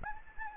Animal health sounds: mosquito wingbeat signal from an infrared sensor; Anopheles gambiae

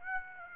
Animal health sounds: mosquito wingbeat signal from an infrared sensor; Aedes aegypti

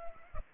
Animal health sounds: mosquito wingbeat signal from an infrared sensor; Culex pipiens

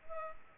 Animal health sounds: mosquito wingbeat signal from an infrared sensor; Culex pipiens

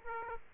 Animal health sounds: mosquito wingbeat signal from an infrared sensor; Aedes aegypti

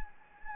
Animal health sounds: mosquito wingbeat signal from an infrared sensor; Anopheles gambiae

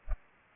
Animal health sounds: mosquito wingbeat signal from an infrared sensor; Culex pipiens

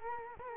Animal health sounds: mosquito wingbeat signal from an infrared sensor; Culex quinquefasciatus

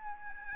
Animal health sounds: mosquito wingbeat signal from an infrared sensor; Aedes albopictus

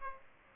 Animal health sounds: mosquito wingbeat signal from an infrared sensor; Aedes aegypti

